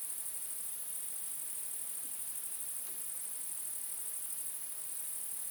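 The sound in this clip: Bush cricket stridulating in a steady, very high-pitched hiss that runs unbroken throughout, with faint low background noise.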